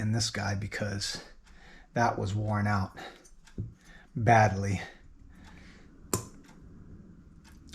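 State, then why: Seated. Someone talks while pressing a new needle and seat into the carburetor body of a stock Banshee ATV motor, replacing the old one because it was badly worn and fuel kept dumping out. A sharp click at 6.1 s marks the needle and seat popping into place, and it is fully seated.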